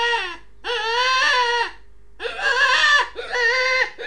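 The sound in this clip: Rabbit squeals twice in long, even wails, then after a brief silence a few harsher cries.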